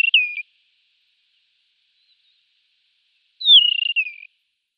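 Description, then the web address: Desert wheatear singing: the tail of one phrase, then after a long pause a falling whistle that breaks into a slightly rough, trilled ending. "Schulze Peter Desert Wheatear song"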